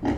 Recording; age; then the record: pig call; growing-finishing pig (85 days or more)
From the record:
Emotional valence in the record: negative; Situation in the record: barren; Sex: female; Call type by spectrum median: low-frequency call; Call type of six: low-frequency tonal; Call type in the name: low-frequency modulated, not sure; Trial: 1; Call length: 0.18 s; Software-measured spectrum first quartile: 234 Hz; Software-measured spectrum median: 341 Hz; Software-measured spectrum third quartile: 739 Hz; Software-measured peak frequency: 296 Hz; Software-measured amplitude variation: 110 dB a second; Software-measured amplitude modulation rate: 19.7 a second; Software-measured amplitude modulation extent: 5.6 dB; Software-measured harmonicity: 1.6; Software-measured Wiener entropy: -0.91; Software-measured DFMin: 541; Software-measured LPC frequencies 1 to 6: 285, 828, 1882, 3029, 3984, 4860 Hz